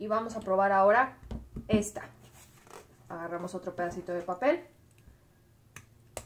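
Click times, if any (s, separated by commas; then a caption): 6.2 s. Someone talks, then opens the swing-out paper-guide tab on a plastic corner-rounding punch, a We R Memory Keepers Corner Chomper. A few faint ticks come before a sharp click at 6.2 s as the tab seats in position.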